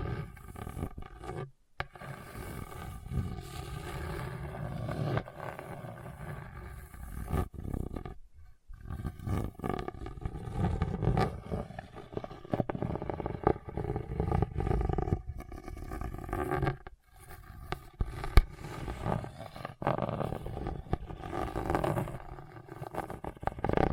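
Hard, bumpy surface scratching grinds on in rough, low rasping bursts, dense and uneven, broken by brief silences near two, eight and seventeen seconds.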